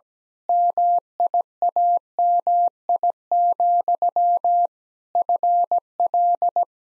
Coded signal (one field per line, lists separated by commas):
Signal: Morse code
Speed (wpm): 17 wpm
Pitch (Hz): 700 Hz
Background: none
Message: MIAMI, FL